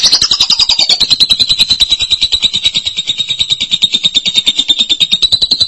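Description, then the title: Lovebird song, a long sustained high buzzy trill of very rapid pulses, sliding slightly downward, continuing steadily throughout. "Suara Burung Lovebird"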